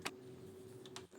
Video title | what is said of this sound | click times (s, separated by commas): How to solve tail panel sound | correct ആയിട്ട് ആ ഹോളിന് match ചെയ്തിട്ട് ഇത് കറക്റ്റ് ചെയ്തിട്ട് ഒന്ന് പ്രസ്സ് ചെയ്തു കഴിഞ്ഞാൽ അത് ലോക്ക് ആയി | 0.9 s, 1.0 s